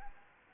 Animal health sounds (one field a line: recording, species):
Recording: mosquito wingbeat signal from an infrared sensor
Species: Anopheles arabiensis